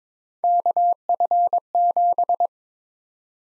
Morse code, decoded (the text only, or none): KF7